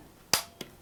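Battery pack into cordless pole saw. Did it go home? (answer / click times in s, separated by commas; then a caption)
yes / 0.3 s. A battery pack slides into the handle of a Litheli U20 cordless pole saw and latches with a sharp click at 0.3 seconds, confirming it is seated. A softer, shorter click follows at about 0.6 seconds.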